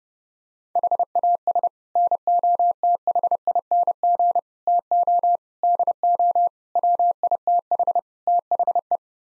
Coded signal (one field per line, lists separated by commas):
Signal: Morse code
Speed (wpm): 32 wpm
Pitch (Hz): 700 Hz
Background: none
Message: HAS NOTHING TO DO WITH THE